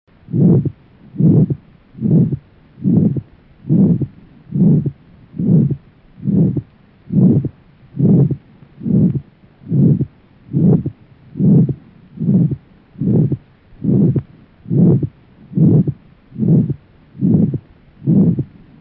Aortic stenosis sound effect.